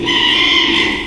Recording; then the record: squeal of a Yucatan mini pig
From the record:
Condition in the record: after surgery on the right vocal fold (resection and tissue-engineered implant); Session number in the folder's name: 1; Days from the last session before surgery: 6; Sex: male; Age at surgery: 12 weeks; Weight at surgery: 13 kg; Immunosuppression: cyclosporine, prednisolone